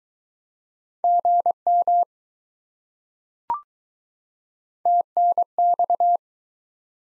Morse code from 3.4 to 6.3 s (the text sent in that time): TNX